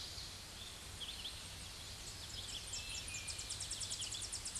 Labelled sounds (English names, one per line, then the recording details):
Tennessee Warbler song
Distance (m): 45 m
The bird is about 5 m below the microphone
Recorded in a Pennsylvania forest on 16 May 2024 at 07:48
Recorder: AudioMoth, point MSD-0814
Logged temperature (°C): 15.8 °C
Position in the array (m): 186 m, 76 m